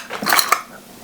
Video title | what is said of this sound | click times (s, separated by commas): Я сделал модель КАМАЗа, который видел каждый россиянин | The body is functional, and you can even see how it clicks into place. | 0.5 s